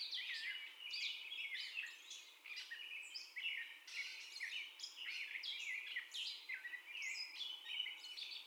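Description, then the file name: Gray catbird pouring out a dense, hurried medley of harsh chips, slurred whistles and squeaks, phrases tumbling one after another. First song, recorded 30 May 2021. "2021-05-30 Catbird First Song 0448"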